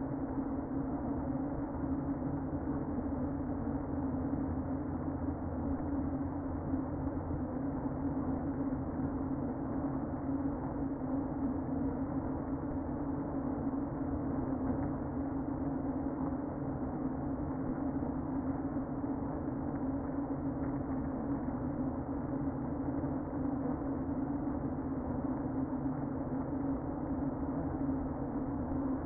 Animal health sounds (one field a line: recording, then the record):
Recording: honeybee colony, microphone inside the hive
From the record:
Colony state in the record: queen present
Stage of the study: before two queens were removed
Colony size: about 60,000 bees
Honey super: yes